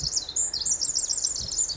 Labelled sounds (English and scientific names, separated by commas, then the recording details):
Pacific Wren (Troglodytes pacificus)
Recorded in Sonoma County, California